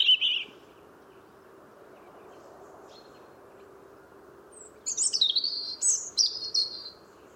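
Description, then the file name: European robin song: a brief high note, a quiet gap of several seconds, then a run of sharp, sparkling phrases. "Erithacus rubecula"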